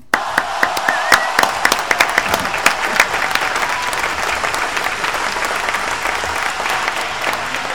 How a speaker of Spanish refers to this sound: Pedimos un poco de ovación para el...